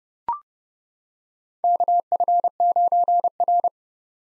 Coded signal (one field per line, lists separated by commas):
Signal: Morse code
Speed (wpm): 31 wpm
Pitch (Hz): 700 Hz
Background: none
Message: KF9R